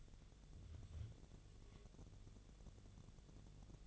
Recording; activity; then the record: daily activity, microphone in the room; take from stove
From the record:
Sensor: 4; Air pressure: 1000.8 hPa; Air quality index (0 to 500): 127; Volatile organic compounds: 1 ppm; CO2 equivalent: 954 ppm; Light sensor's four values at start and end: 38/94/39/43 and 38/94/39/43